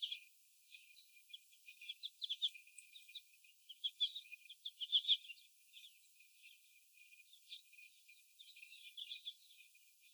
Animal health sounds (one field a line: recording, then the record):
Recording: young laying hens in a cage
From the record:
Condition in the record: after the stressor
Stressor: sudden umbrella opening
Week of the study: 2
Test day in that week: 1